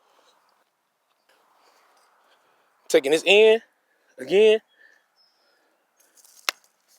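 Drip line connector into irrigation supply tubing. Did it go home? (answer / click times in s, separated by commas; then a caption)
yes / 6.5 s. A barbed drip-line connector is pushed through a hole in plastic irrigation supply tubing. Someone talks, then the connector seats with a sharp pop at 6.5 s.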